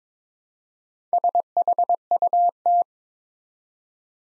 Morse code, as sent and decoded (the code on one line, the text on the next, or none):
... .... ..- -
SHUT